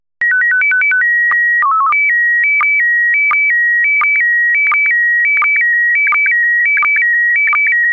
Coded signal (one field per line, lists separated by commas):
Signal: SSTV (slow-scan television)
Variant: PD 90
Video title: Slow Scan Radio, 12 September 2018, Ep. 8